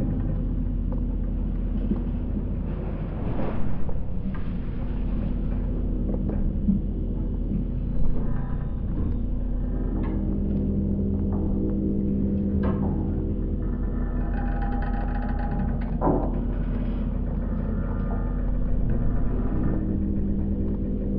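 Floating pontoons shift on the water, giving off a steady deep rumble beneath a changing mix of groans, creaks and drawn-out metallic tones. Short knocks and scrapes land irregularly, with brighter squealing tones gathering around the middle and a louder bump near sixteen seconds.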